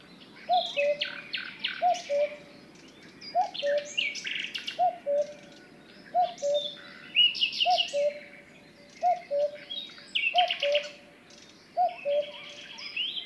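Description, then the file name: Cuckoo repeating its soft, low cu-ckoo, the second note dropping, some nine times at an even pace under a lively chorus of high songbird phrases. "minutes of cuckoos"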